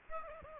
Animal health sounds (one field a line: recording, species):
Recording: mosquito wingbeat signal from an infrared sensor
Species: Aedes aegypti